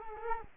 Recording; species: mosquito wingbeat signal from an infrared sensor; Culex quinquefasciatus